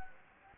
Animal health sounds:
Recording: mosquito wingbeat signal from an infrared sensor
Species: Anopheles gambiae

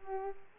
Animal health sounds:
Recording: mosquito wingbeat signal from an infrared sensor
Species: Culex pipiens

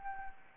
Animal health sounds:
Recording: mosquito wingbeat signal from an infrared sensor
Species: Anopheles gambiae

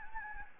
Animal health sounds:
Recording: mosquito wingbeat signal from an infrared sensor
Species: Anopheles gambiae

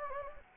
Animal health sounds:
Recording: mosquito wingbeat signal from an infrared sensor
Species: Anopheles gambiae

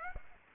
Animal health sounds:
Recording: mosquito wingbeat signal from an infrared sensor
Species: Aedes aegypti

